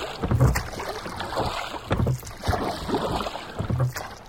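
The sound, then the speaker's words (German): Oars splash and knock in a steady rowing rhythm, with strong strokes roughly every second and a half over churning water and a faint rush of wind, no voices. “Sven zerrte den klitschnassen Pitt und die triefende Jule ins Boot und legte sich in die Riemen wie noch nie zuvor”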